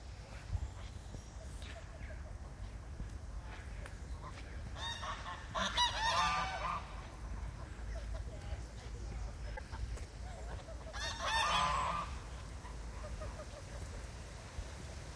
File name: Geese and Young Aberdare Park 3 rd July 2020